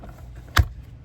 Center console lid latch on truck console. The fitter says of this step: This one actually latches. The last one I had didn't latch. You go over a big bump and it would go.